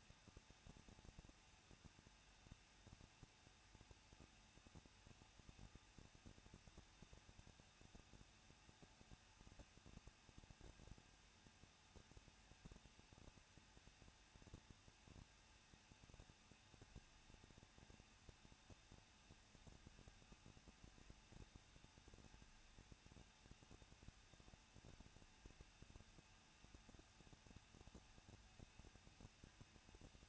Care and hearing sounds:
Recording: daily activity, microphone in the room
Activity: no activity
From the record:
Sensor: 2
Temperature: 21.0 degrees Celsius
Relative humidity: 37.4%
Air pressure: 1006.2 hPa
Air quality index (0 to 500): 222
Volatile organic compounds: 24 ppm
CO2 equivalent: 2811 ppm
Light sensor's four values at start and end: 2/3/2/2 and 2/3/2/2

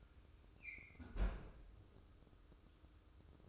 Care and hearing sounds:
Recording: daily activity, microphone in the room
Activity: close fridge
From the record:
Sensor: 2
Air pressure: 995.1 hPa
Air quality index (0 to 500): 66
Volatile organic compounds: 2 ppm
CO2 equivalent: 1124 ppm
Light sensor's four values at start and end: 18/57/22/22 and 18/57/22/22

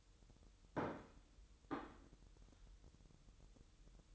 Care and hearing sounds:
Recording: daily activity, microphone in the room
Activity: place plate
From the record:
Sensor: 3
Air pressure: 988.6 hPa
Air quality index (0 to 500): 198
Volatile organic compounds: 345 ppm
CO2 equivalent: 4574 ppm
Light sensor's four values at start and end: 22/71/30/25 and 22/71/30/25

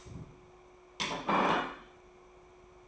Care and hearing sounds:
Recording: daily activity, microphone in the room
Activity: place plate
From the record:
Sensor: 1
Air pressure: 1004.4 hPa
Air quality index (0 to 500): 196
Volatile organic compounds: 17 ppm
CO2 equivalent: 2599 ppm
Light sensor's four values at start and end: 4/9/3/3 and 4/9/3/3

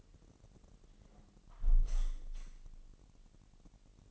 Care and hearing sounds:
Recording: daily activity, microphone in the room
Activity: close window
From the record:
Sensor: 4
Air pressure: 1000.8 hPa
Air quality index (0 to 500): 243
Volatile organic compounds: 41 ppm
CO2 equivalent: 3162 ppm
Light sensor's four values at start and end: 9/20/8/8 and 9/20/8/7

